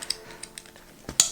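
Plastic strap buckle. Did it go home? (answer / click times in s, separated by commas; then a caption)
yes / 1.2 s. A YKK plastic side-release buckle on the strap of a large Greenroom136 Custom Rainmaker backpack is pushed into its receiver, after a few faint light ticks and a soft rustle just before. It snaps shut with one sharp, bright click at 1.2 s, seating fully, though the click is judged not very satisfying and lacking in heft.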